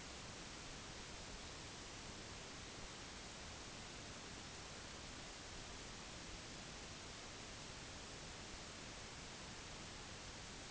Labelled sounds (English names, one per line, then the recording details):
none
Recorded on Arctic tundra, site NAIT-1, on 30 June 2019
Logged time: 06:00